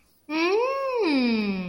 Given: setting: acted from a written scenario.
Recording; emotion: vocal sound without words; realization